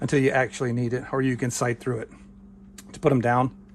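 Someone talks while handling folding flip-up sights on a firearm rail, which are meant to be pushed back down flat so they lock into their stowed position. The speech runs through most of the clip, with a quieter stretch between about 2.1 and 3.0 seconds. Nothing has seated or clicked yet; the clip ends before the sights lock down.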